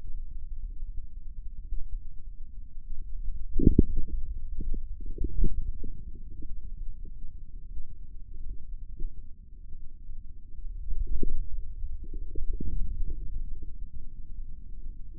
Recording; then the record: forearm muscle sounds (acoustic myography)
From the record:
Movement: inward rotation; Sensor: system 2, bracelet of six BSWA MPA416 microphones around the upper forearm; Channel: 3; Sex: male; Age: 22 years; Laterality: right